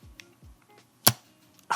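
After the side knob is loosened, the folding arm joint of a DJI RSC 2 (Ronin SC2) compact handheld camera gimbal is folded and snapped into its locked position. A sharp, bright click at 1.1 s marks it seating, with faint low sweeping sounds before it and another loud snap near the end. The arm clicks into place and locks with a clean, satisfying sound.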